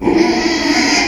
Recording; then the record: squeal of a Yucatan mini pig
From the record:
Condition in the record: after surgery on the right vocal fold (resection and tissue-engineered implant); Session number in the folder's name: 2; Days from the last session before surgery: 13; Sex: male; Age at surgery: 12 weeks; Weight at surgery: 13 kg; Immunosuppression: cyclosporine, prednisolone